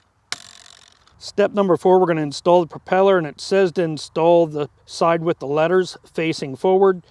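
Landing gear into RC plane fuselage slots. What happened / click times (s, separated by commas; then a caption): The part snapped into its slots / 0.3 s. A wire and plastic landing gear slides into the front slots of a Radiolink A560 foam RC plane's fuselage and is pushed back until it snaps into place with one loud, sharp click at 0.3 s. A few small rattles follow, and then someone talks. The landing gear is seated.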